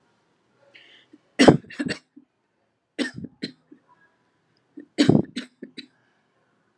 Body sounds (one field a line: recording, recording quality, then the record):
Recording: shallow voluntary cough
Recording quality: excellent, no background noise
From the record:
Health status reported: COVID-19 positive, mild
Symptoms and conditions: cough, fever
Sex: female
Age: 50 years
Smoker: not ticked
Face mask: not worn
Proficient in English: yes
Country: India